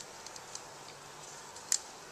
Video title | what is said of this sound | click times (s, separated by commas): Dell PowerEdge R710 Review | will slide back in like so. The feel of it is good, clicks back in nice and easily like you hear there. | 1.7 s